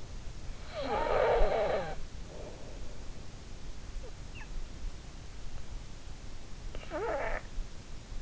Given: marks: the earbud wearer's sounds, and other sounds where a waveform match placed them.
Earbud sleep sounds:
sounds in sleep by an in-ear microphone; snoring breath
0.63-2.51 s: snoring breath
6.17-8.22 s: snoring breath

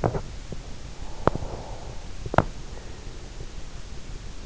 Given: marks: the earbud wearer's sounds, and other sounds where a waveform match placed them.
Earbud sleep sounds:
sounds in sleep by an in-ear microphone; breath, teeth grinding
1.04-3.59 s: breath
1.16-1.48 s: teeth grinding
2.17-2.64 s: teeth grinding

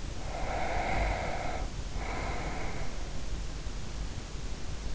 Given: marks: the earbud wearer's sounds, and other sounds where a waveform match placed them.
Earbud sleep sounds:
sounds in sleep by an in-ear microphone; breath
0.24-3.31 s: breath

